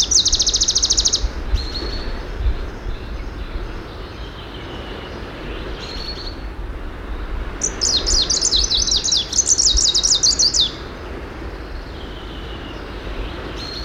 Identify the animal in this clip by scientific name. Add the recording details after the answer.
Phylloscopus trochiloides. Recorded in the wild. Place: Göhren, Insel Rügen, Mecklenburg-Vorpommern, DE. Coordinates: 54.342, 13.741. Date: 1978-06-07 07:15. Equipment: Nagra III BH, Sennheiser MD 21, parabola. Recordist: Schubert, Michael